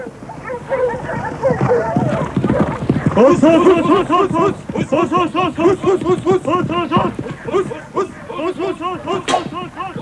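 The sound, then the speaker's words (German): A pack of hunting dogs, with hunters on horseback, barks and yelps excitedly as they chase a wild boar through a forest where the town of Lüneburg now lies, on a hot, sunny day. Their overlapping, high-pitched cries come in a rapid, continuous stream for the whole stretch. “Vor langer, langer Zeit, weit über 1000 Jahre ist es her, da streiften an einem heißen, sonnigen Tag Jäger zu Pferde durch einen Wald, wo heute die Stadt Lüneburg liegt, und hetzten mit ihren Hunden ein Wildschwein.”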